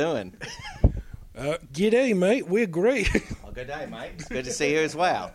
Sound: Significantly better Australian accent